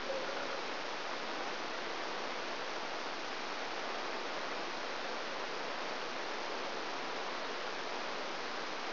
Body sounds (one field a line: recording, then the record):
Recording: brain microelectrode recording played as sound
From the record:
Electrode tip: outside the subthalamic nucleus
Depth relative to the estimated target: 3 mm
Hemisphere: right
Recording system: AlphaMap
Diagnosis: Parkinson's disease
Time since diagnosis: 12 years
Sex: female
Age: 56 years